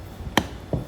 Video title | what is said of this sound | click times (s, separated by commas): 2024-2026 Tacoma Katzkin Leather Install - Full How-To + Tools Required | on here and it'll click. | 0.4 s